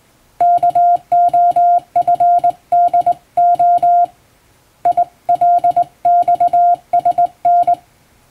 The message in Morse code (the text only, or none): KOFDO ILXSN